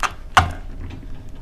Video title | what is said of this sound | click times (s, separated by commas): Tennant Wet Dry Vac | you set it down in straight you'll be able to hear it click when I move it | 0.4 s